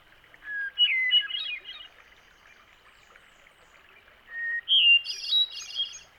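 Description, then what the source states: Hermit thrush song: two phrases, each opening with a pure held whistle followed by a fluty jumble of notes; the second phrase is pitched higher than the first. Each song begins with a clear whistle and ends with a musical jumble of notes; individual males have several songs and cycle through them before repeating.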